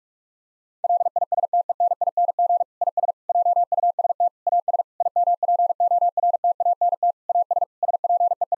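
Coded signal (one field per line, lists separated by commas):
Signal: Morse code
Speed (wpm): 48 wpm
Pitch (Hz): 700 Hz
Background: none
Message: LISTENING IS JUST AS IMPORTANT AS SPEE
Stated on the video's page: Morse practice set of difficult sentences with contextual hints, sent at 45 wpm.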